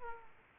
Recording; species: mosquito wingbeat signal from an infrared sensor; Aedes aegypti